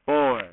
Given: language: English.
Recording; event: throat vibration sensor signal played as sound; speech